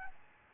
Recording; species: mosquito wingbeat signal from an infrared sensor; Aedes albopictus